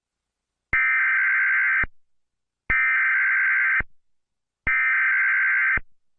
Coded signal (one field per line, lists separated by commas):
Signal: Emergency Alert System (SAME) tones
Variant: header bursts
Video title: WASHINGTON D.C. EAS ALARM 🇺🇸